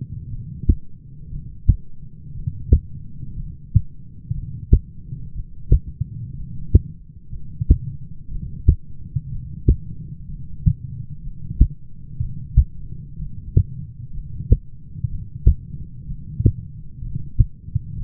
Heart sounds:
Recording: heart sounds by stethoscope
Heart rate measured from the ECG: 61 bpm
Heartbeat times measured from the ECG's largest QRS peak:
0.29 s: heartbeat
1.30 s: heartbeat
2.34 s: heartbeat
3.36 s: heartbeat
4.33 s: heartbeat
5.34 s: heartbeat
6.35 s: heartbeat
7.31 s: heartbeat
8.30 s: heartbeat
9.31 s: heartbeat
10.27 s: heartbeat
11.22 s: heartbeat
12.20 s: heartbeat
13.18 s: heartbeat
14.13 s: heartbeat
15.09 s: heartbeat
16.07 s: heartbeat
17.01 s: heartbeat
17.97 s: heartbeat
From the record:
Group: heart failure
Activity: light exercise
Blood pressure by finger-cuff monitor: 97/57 mmHg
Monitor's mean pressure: 69 mmHg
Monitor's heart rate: 60 bpm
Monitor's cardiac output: 6.8 L/min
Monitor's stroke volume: 111 mL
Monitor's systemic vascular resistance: 720 dyn s/cm5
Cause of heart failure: dilated cardiomyopathy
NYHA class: 2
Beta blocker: bisoprolol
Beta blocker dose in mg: 10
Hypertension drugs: sacubitril-valsartan, spironolactone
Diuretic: furosemide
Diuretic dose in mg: 40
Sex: male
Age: 29 years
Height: 174 cm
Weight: 92 kg

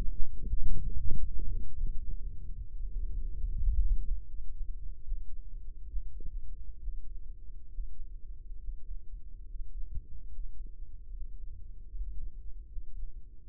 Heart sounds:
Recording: heart sounds by microphone in the right ear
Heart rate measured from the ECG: 75 bpm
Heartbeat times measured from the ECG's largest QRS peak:
0.66 s: heartbeat
1.43 s: heartbeat
2.17 s: heartbeat
2.88 s: heartbeat
3.58 s: heartbeat
4.27 s: heartbeat
5.03 s: heartbeat
5.87 s: heartbeat
6.78 s: heartbeat
7.68 s: heartbeat
8.57 s: heartbeat
9.44 s: heartbeat
10.28 s: heartbeat
11.10 s: heartbeat
11.89 s: heartbeat
12.65 s: heartbeat
13.40 s: heartbeat
From the record:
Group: healthy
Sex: male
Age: 35 years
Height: 178 cm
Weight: 64 kg

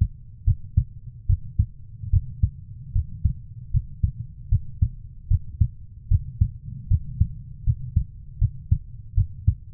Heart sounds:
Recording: heart sounds by stethoscope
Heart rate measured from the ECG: 76 bpm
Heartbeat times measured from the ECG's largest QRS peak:
0.45 s: heartbeat
1.27 s: heartbeat
2.10 s: heartbeat
2.93 s: heartbeat
3.71 s: heartbeat
4.49 s: heartbeat
5.28 s: heartbeat
6.08 s: heartbeat
6.88 s: heartbeat
7.64 s: heartbeat
8.39 s: heartbeat
9.15 s: heartbeat
From the record:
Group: healthy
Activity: rest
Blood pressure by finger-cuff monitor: 118/75 mmHg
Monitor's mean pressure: 93 mmHg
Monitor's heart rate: 77 bpm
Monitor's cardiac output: 6.4 L/min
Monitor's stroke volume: 84 mL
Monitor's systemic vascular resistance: 1070 dyn s/cm5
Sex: female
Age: 24 years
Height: 163 cm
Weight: 55.7 kg

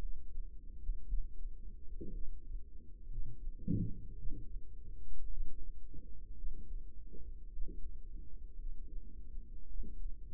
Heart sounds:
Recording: heart sounds by microphone in the right ear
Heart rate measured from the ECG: 56 bpm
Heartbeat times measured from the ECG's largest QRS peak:
1.06 s: heartbeat
2.11 s: heartbeat
3.08 s: heartbeat
4.15 s: heartbeat
5.28 s: heartbeat
6.34 s: heartbeat
7.50 s: heartbeat
8.57 s: heartbeat
9.66 s: heartbeat
From the record:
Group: healthy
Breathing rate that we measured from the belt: 20 breaths a minute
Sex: female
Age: 28 years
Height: 170 cm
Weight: 77 kg

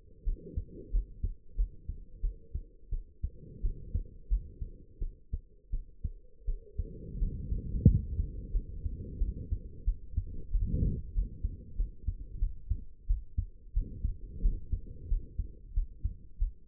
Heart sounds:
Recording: heart sounds by stethoscope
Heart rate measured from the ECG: 89 bpm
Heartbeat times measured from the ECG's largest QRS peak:
0.24 s: heartbeat
0.91 s: heartbeat
1.56 s: heartbeat
2.21 s: heartbeat
2.90 s: heartbeat
3.62 s: heartbeat
4.29 s: heartbeat
4.99 s: heartbeat
5.71 s: heartbeat
6.46 s: heartbeat
7.19 s: heartbeat
7.86 s: heartbeat
8.52 s: heartbeat
9.19 s: heartbeat
9.85 s: heartbeat
10.51 s: heartbeat
11.13 s: heartbeat
11.76 s: heartbeat
12.39 s: heartbeat
13.07 s: heartbeat
13.73 s: heartbeat
14.42 s: heartbeat
15.08 s: heartbeat
15.74 s: heartbeat
16.38 s: heartbeat
From the record:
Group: healthy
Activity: rest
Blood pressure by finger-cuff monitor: 83/46 mmHg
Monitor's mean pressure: 61 mmHg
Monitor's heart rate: 88 bpm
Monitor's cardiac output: 8.6 L/min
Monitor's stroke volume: 99 mL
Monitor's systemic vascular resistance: 500 dyn s/cm5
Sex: female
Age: 22 years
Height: 161 cm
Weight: 65.5 kg

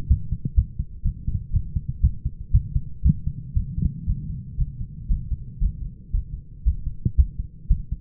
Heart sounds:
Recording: heart sounds by stethoscope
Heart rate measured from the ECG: 118 bpm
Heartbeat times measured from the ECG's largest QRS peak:
0.08 s: heartbeat
0.56 s: heartbeat
1.03 s: heartbeat
1.52 s: heartbeat
2.02 s: heartbeat
2.52 s: heartbeat
3.03 s: heartbeat
3.54 s: heartbeat
4.06 s: heartbeat
4.57 s: heartbeat
5.08 s: heartbeat
5.59 s: heartbeat
6.12 s: heartbeat
6.64 s: heartbeat
7.16 s: heartbeat
7.68 s: heartbeat
From the record:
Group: healthy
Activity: light exercise 0-2 s, rest 2-8 s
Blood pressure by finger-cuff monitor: 146/78 mmHg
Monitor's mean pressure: 96 mmHg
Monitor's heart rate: 117 bpm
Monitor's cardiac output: 12.9 L/min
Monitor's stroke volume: 102 mL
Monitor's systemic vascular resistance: 590 dyn s/cm5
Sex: male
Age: 24 years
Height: 184 cm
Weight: 89 kg

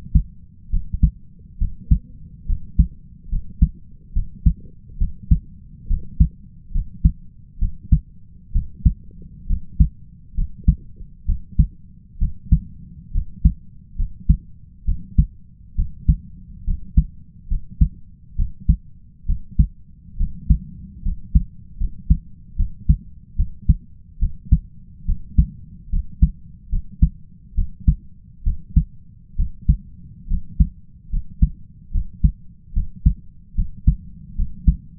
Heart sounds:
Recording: heart sounds by stethoscope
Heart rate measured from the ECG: 70 bpm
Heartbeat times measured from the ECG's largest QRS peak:
0.70 s: heartbeat
1.58 s: heartbeat
2.46 s: heartbeat
3.29 s: heartbeat
4.13 s: heartbeat
4.98 s: heartbeat
5.87 s: heartbeat
6.71 s: heartbeat
7.58 s: heartbeat
8.52 s: heartbeat
9.46 s: heartbeat
10.34 s: heartbeat
11.25 s: heartbeat
12.18 s: heartbeat
13.11 s: heartbeat
13.96 s: heartbeat
14.85 s: heartbeat
15.75 s: heartbeat
16.64 s: heartbeat
17.48 s: heartbeat
18.35 s: heartbeat
19.26 s: heartbeat
20.17 s: heartbeat
21.02 s: heartbeat
21.77 s: heartbeat
22.56 s: heartbeat
23.36 s: heartbeat
24.19 s: heartbeat
25.05 s: heartbeat
25.89 s: heartbeat
26.69 s: heartbeat
27.54 s: heartbeat
28.43 s: heartbeat
29.36 s: heartbeat
30.27 s: heartbeat
31.09 s: heartbeat
31.91 s: heartbeat
32.73 s: heartbeat
33.55 s: heartbeat
34.35 s: heartbeat
From the record:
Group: healthy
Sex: male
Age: 20 years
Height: 167 cm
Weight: 61 kg

